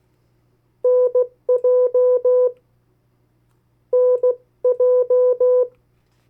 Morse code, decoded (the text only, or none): NJ NJ